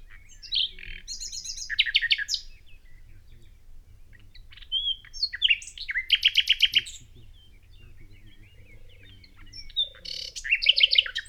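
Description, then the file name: Common nightingale song in varied bursts: sharp chattering trills, whistles and rapid repeated notes, separated by quiet gaps with soft lower twitters. "Luscinia megarhynchos"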